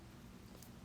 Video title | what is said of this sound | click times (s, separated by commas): Makeup Declutter: Westman Atelier, ILIA, PYT, Kosas, RMS, Antonym, Alima Pure & More - Mature Skin | Plastic. I like that it has, you know, the top that actually kind of clicks in place so it really does stay on. | 0.6 s